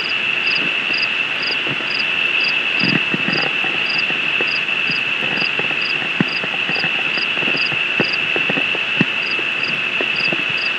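Cricket chirping: a steady high-pitched trill runs throughout, with short higher pulses repeated about twice a second, over faint clicks and rustling.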